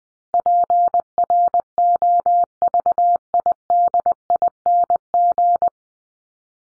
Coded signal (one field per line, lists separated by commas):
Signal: Morse code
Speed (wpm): 20 wpm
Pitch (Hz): 700 Hz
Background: none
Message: PROVIDING